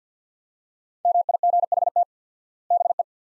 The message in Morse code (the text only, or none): MIGHT BE